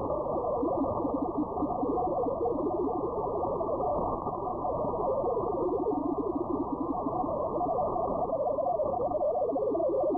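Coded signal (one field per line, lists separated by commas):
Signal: multi-tone FSK (Olivia or MFSK type)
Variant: Olivia 8-250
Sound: continuous warbling, randomly hopping musical tones over a hissy low band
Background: radio static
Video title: fldigi Olivia 8-250 on 7.072Mhz (40 meters)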